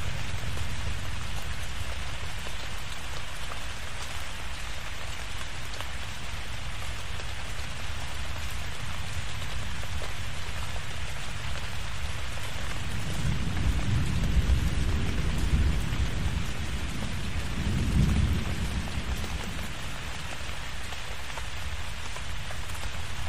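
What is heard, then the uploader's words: Steady, dense rain hisses throughout this tropical thunderstorm, with a low rumble of thunder swelling around thirteen seconds and again near eighteen. Tropical Thunderstorm With Rain Sounds.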